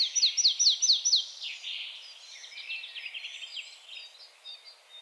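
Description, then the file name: Marsh tit calls: a quick run of several sharp, downslurred notes, followed by busy, softer twittering. "Poecile palustris"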